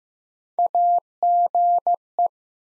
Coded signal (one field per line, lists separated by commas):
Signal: Morse code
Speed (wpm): 15 wpm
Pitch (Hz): 700 Hz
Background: none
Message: AGE